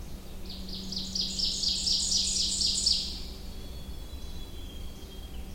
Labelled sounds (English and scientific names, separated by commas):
Ovenbird (Seiurus aurocapilla) song